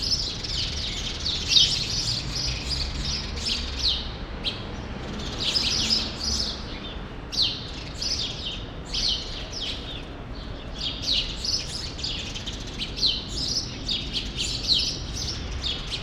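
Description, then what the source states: Sparrow chorus of loud, rapid chirps, overlapping densely and rising and falling in intensity, above a low constant hum. Sparrows still present in the small remaining part of a large grove, Rue Saint-Jean Népomucène, Brussels, Belgium; recorded with Immersive Soundscapes Earsight V2 AB microphones into a Zoom F3.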